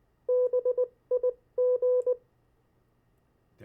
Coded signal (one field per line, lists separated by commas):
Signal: Morse code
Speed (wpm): 19 wpm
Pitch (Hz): 500 Hz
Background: none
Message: BIG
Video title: CW Copy practice of Opposite Words, Pen and paper follow along.